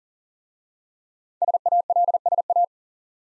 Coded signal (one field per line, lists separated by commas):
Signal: Morse code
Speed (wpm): 42 wpm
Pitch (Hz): 700 Hz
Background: none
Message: SALSA